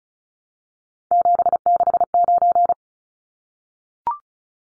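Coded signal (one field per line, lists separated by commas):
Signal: Morse code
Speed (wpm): 34 wpm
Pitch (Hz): 700 Hz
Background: none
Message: 769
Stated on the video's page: Head-copy drill of three-digit numbers at 35 wpm, each number sent, spoken, then sent again.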